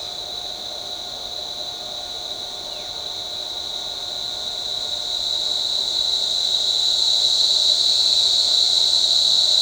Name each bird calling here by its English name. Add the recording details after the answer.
Black-chested Jay, Ochre-lored Flatbill. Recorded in shrubland near Pivijay, Magdalena, Colombia, on 14 April 2023 at 07:30. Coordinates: 10.453, -74.365. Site P5-G022